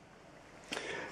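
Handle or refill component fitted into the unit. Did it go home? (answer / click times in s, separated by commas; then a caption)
yes / 0.7 s. A handle or refill component is fitted into a unit being sold at auction, over a steady background hiss. A single sharp click at 0.7 s marks the part locking into place, and it is seated.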